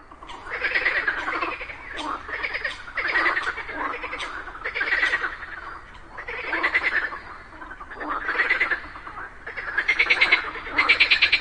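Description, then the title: Frogs in a dense chorus, overlapping pulsed croaks in bursts roughly every second or two, rising and falling in waves of loudness. A group of frogs calling together just after daytime rain. "Just after it rained during the day, a group of frogs happily cooperated perfectly, creating a symphony of nature."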